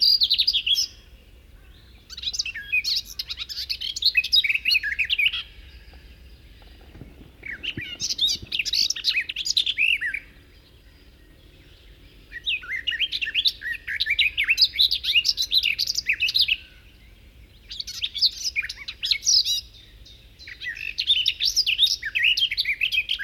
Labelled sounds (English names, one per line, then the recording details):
Garden Warbler song
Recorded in the wild
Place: Putbus, Insel Rügen, Mecklenburg-Vorpommern, DE
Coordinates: 54.355, 13.467
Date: 1971-05-27
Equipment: Nagra III BH, Sennheiser MD 21, parabola
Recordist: Schubert, Michael